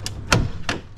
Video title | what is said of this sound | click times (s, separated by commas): 2021+ Ford Bronco Tail Light Removal | we go so lots of dirt came out but i popped it out | 0.3 s